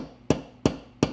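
Inside a Boss AR2000M car amplifier, a small retaining clip lined up in its groove with a small tool is tapped with a hammer tool. Three light, sharp taps land at about 0.3, 0.7 and 1.0 seconds, each ringing out briefly. The clip has not yet snapped into its hole in the amplifier chassis; nothing has seated yet.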